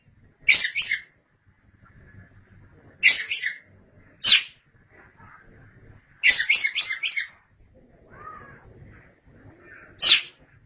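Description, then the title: Oriental magpie-robin delivering chattering bursts and single sharp notes at irregular intervals, with a faint low warble in one gap. Long-duration birdsong. "Suara Kicauan Burung Kacer Durasi Panjang"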